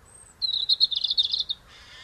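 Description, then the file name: European robin phrase: a faint high whistle, then a rapid, twittering run of thin notes ending in a brief rough sound. "Erithacus rubecula"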